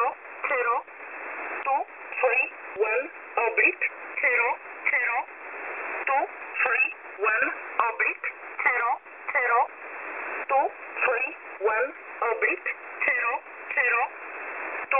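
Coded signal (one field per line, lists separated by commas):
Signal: numbers station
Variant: E11 Oblique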